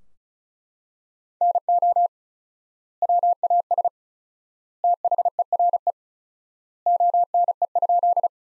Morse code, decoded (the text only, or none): NO WAS THERE ONE?